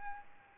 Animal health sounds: mosquito wingbeat signal from an infrared sensor; Aedes albopictus

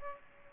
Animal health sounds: mosquito wingbeat signal from an infrared sensor; Aedes aegypti

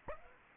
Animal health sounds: mosquito wingbeat signal from an infrared sensor; Aedes aegypti

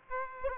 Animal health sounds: mosquito wingbeat signal from an infrared sensor; Aedes aegypti

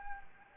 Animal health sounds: mosquito wingbeat signal from an infrared sensor; Anopheles gambiae

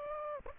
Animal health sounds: mosquito wingbeat signal from an infrared sensor; Aedes aegypti

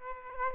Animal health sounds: mosquito wingbeat signal from an infrared sensor; Aedes aegypti

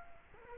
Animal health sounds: mosquito wingbeat signal from an infrared sensor; Culex quinquefasciatus

